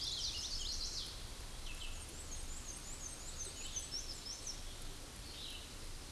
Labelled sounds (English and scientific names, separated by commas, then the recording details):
Black-and-white Warbler (Mniotilta varia) song
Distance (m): 50 m
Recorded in a Pennsylvania forest on 18 May 2023 at 08:32
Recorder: AudioMoth, point grid1_4_low
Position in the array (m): 87 m, 93 m